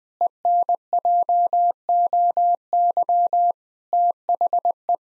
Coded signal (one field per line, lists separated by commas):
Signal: Morse code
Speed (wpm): 20 wpm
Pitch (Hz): 700 Hz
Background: none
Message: ENJOY THE